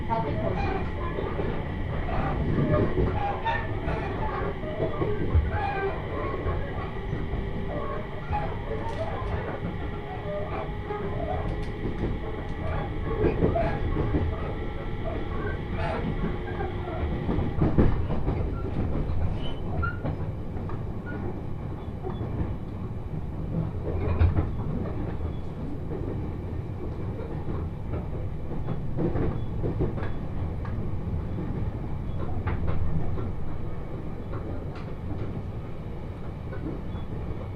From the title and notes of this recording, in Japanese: 仙台から出る列車なのでラッシュのような混雑はないものの、席が全て埋まり立ち客も見られます。鉄道旅 常磐線 仙台→浜吉田。